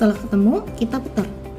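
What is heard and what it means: A pH electrode bayonet connector is being lined up and twisted onto the socket of an LSTAR1115 pH meter while someone talks over soft background music. Nothing has seated or clicked yet; the connector is not yet locked.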